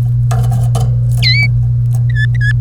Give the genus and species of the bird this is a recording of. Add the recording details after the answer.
Serinus canaria. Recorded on 30 April 2018 at 15:29. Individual llb3